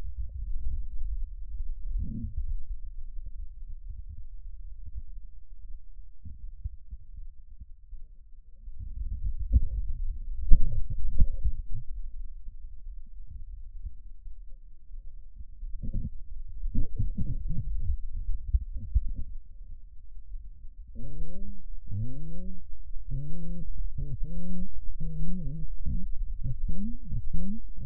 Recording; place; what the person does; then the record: lung sounds by stethoscope; left anterior apical chest; quiet breathing, then cough and speech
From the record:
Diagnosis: COPD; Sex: female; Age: 80 years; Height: 160 cm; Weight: 62 kg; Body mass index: 24.2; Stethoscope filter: bell mode